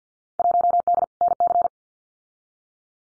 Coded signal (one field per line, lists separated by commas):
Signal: Morse code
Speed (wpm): 50 wpm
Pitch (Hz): 700 Hz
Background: none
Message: 1D NC